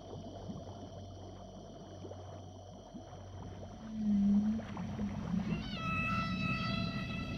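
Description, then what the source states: Whale sounds emerging from low rumbling noise: a brief low moan, then a rising harmonic cry that levels into a sustained tone near the end. Ocean.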